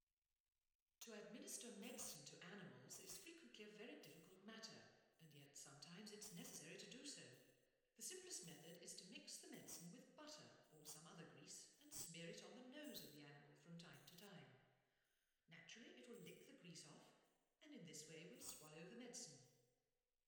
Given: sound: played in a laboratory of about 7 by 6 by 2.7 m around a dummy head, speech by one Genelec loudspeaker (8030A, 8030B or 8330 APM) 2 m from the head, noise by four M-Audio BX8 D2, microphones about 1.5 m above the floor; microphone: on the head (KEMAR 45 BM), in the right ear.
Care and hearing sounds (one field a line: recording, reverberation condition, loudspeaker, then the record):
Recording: female speech in English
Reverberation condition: high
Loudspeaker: 30 degrees to the right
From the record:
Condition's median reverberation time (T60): about 1300 ms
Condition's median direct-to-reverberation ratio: about -4.0 dB